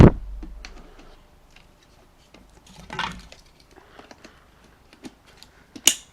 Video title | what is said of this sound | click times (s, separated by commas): Spirit Halloween: Black and Red Jumping Spider (Unboxing/Setup/Demo) | clicks into place pretty well | 5.9 s